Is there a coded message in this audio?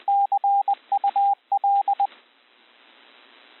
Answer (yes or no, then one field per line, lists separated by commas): yes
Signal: Morse code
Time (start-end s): 0.1-2.1 s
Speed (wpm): 20 wpm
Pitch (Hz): 800 Hz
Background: radio noise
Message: CUL